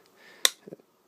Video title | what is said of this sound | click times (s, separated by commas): Ballistic Tough Jacket iPad 2/iPad Retina Case Review | you just heard it click into place like that | 0.5 s